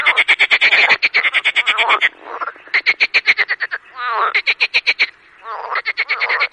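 Marsh frog calling loudly and almost continuously: fast rattling pulse trains broken by warbling, buzzy croaks.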